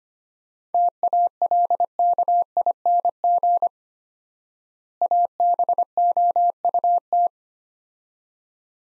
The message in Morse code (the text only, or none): TALKING ABOUT